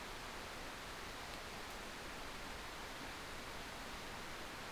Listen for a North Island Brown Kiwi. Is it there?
no